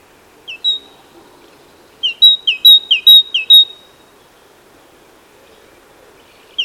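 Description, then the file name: Great tit singing a high two-note phrase, once early and then a quick run of four repeats, with quiet gaps between. "Parus major"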